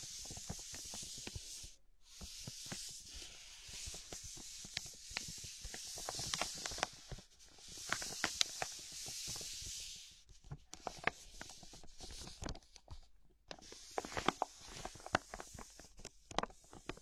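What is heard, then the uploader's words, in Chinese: Everyday plastic objects are handled in a dense run of crinkling, tapping and rubbing, with sharp clicks scattered throughout. A hissing, scratchy rustle swells and fades in patches, and the sound drops out briefly near 2 and 13 seconds. 日常用品（塑料制品）的触发音。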